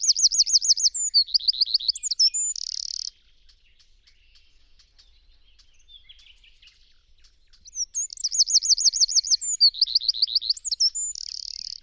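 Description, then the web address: Bird singing the same high phrase twice, about eight seconds apart: rapid looped notes, slurred whistles, then a buzzy trill, with near silence between. "cianscape birddata Deverinetal 2025"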